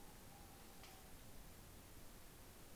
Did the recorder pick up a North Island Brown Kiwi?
no